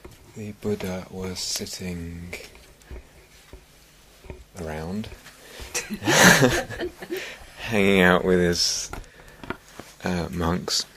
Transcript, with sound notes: the Buddha was sitting... around. [laughter] Hanging out with his monks.